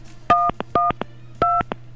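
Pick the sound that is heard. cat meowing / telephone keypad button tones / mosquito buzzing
telephone keypad button tones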